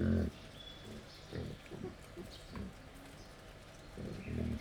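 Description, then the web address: Wild boar with loud, rough grunts at the start and end and softer grunting between, plus a brief high whistle. Wild boar at a laid-out feeding table, Jászberény Zoo, 1 May 2015. "allathangok jaszberenyizoo 2015 professzionalis vaddiszno teritettasztal c 05 01"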